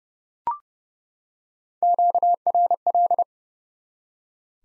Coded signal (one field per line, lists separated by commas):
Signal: Morse code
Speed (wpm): 30 wpm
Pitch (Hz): 700 Hz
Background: none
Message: QRL